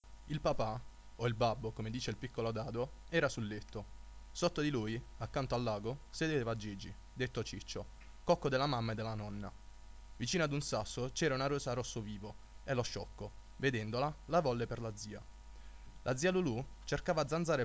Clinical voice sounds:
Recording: read passage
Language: Italian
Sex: male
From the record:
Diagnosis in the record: healthy control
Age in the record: 20 years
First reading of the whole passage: 41 s, 12.5 characters per second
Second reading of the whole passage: 40 s, 12.9 characters per second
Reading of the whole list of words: 46 s, 6.1 characters per second

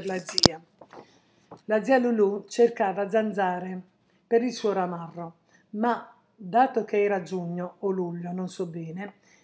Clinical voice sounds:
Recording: read passage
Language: Italian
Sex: female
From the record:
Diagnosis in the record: healthy control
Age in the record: 69 years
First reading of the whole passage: 57 s, 9.1 characters per second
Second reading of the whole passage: 50 s, 10.4 characters per second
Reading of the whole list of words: 47 s, 6.0 characters per second

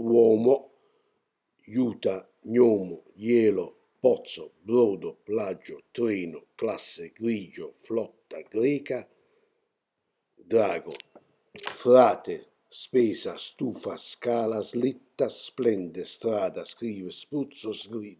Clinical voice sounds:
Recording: read list of words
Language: Italian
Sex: male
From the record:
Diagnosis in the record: healthy control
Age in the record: 68 years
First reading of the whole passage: 59 s, 8.7 characters per second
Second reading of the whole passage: 51 s, 9.9 characters per second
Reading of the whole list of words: 42 s, 6.7 characters per second

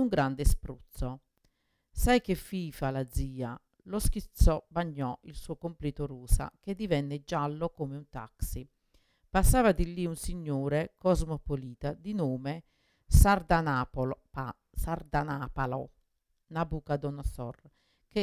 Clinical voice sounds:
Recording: read passage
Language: Italian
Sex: female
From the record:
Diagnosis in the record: Parkinson's disease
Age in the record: 61 years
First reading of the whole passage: 53 s, 9.7 characters per second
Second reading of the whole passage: 51 s, 10.1 characters per second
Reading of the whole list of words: 49 s, 5.7 characters per second

